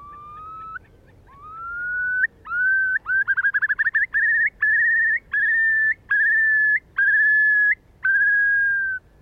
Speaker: This is the spring display song of a curlew.